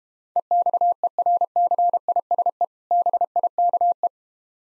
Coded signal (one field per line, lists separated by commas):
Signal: Morse code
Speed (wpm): 31 wpm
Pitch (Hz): 700 Hz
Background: none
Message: EXERCISE BIKE